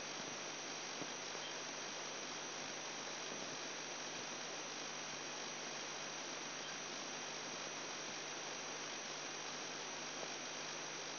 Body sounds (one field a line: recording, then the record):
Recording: brain microelectrode recording played as sound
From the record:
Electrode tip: outside the subthalamic nucleus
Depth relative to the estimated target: -4 mm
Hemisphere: right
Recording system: AlphaMap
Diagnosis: Parkinson's disease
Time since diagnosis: 10 years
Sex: male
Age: 58 years